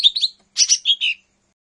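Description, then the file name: Lesser green leafbird song: a quick run of sharp chirps and warbled notes, two groups of bright phrases then silence. "cucak hijau mini. omkicau"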